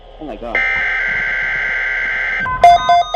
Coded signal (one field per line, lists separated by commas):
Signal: Emergency Alert System (SAME) tones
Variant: header bursts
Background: speech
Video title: Required Weekly Test Stream - With OntarioWX